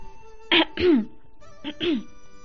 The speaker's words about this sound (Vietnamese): Lạc Thập Nhất đứng bên Thế Tôn, thấy cảnh tượng đằng xa, xoay lưng lại khẽ ho khan vài tiếng.